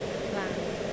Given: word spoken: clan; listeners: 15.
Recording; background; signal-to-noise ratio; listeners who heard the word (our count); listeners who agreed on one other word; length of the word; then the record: one English word in noise, from a listening test; speech-shaped noise; -6.4 dB; 1 of 15; 8 of 15; 0.53 s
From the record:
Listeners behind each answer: 8, 2, 1, 1, 1, 1, 1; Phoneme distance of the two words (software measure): 10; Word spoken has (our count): 1 syllable, 4 phonemes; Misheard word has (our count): 1 syllable, 4 phonemes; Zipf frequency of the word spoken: 3.65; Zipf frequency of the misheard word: 5.20